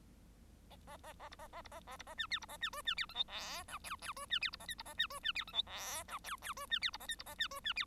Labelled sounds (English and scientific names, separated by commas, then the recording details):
Bengalese Finch (Lonchura striata domestica) song
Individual Bird1